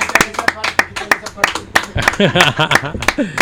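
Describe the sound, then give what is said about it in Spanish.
An audience claps in sharp, fairly steady claps throughout, applauding the whole team and everyone present, with voices starting to talk over it about halfway through while the clapping continues. “Pues gracias, nos despedimos y repetimos el aplauso para todo el equipo y para todos los que estamos presentes.”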